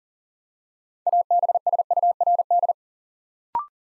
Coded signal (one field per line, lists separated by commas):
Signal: Morse code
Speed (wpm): 40 wpm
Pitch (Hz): 700 Hz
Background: none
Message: ABSURD